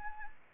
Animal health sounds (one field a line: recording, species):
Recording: mosquito wingbeat signal from an infrared sensor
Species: Anopheles arabiensis